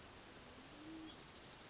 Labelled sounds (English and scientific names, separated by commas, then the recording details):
Band-tailed Pigeon (Patagioenas fasciata)
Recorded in Sonoma County, California